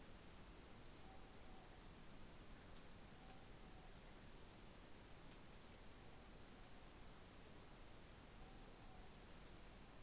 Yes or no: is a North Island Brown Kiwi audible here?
no